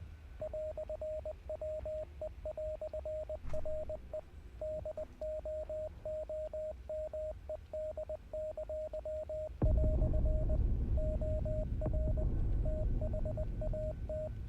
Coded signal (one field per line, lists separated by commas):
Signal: Morse code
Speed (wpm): 20 wpm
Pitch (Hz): 620 Hz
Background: radio noise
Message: "WE"RE DOOMED!" OR THAT